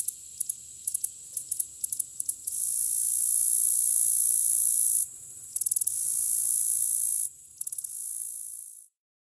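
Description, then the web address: Black-legged meadow katydid singing, very high series of sharp ticks leading into long hissing buzzes, with further tick bursts between the sustained buzzes. North America. "Songs of Insects. Black-legged Meadow Katydid"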